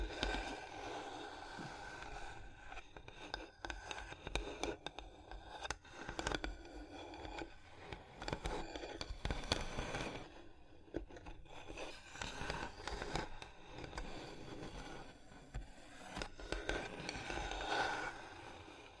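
Hands tap, scratch and trace across a hard surface in a continuous, busy stream of small clicks and scrapes. The sounds come thick and irregular, with brief louder taps scattered throughout and short quieter pauses near 10 and 16 seconds, mostly bright and dry.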